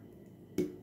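A SIM ejector tool is pushed into the pinhole of the SIM tray on a Xiaomi Redmi 10 smartphone, and the metal and plastic tray pops out. After a low background hum, a single sharp click is heard at 0.6 s. The tray is released.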